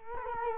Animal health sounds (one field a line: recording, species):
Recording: mosquito wingbeat signal from an infrared sensor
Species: Culex quinquefasciatus